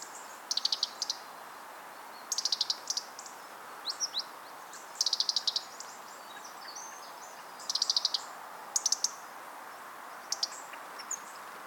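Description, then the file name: European robin giving sharp, high ticking calls in quick clusters of several clicks, the bursts repeated at irregular intervals over steady background hiss. "Erithacus rubecula"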